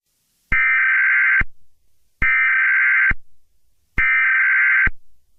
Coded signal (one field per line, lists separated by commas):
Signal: Emergency Alert System (SAME) tones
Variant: header bursts